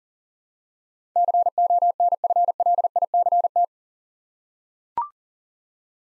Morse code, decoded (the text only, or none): CONFLICT